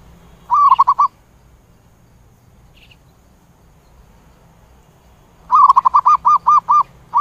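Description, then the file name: Zebra dove giving a short rolling coo, then a longer staccato series of clear repeated notes after a quiet gap of several seconds. "tieng cu van co tieng gu"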